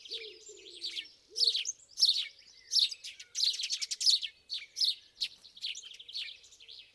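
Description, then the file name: House sparrows chirping loudly in quick overlapping bursts, with a few low cooing notes at the start. "Passer domesticus"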